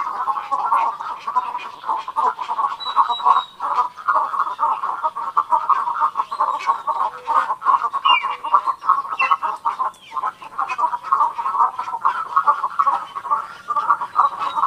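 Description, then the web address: Cattle egret chorus: many rough, clucking croaks pour out continuously and overlap, with an occasional high whistle above. "Large Wading Birds AZFO. deviche"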